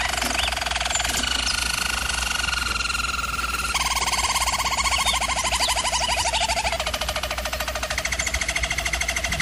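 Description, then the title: German Roller canary song: sustained rolled tours stepping between pitches, including a rapid bubbling low roll in the middle, uninterrupted throughout. German Roller canary singing, for canary training. "German Roller Canary Singing - Canary Training Vid"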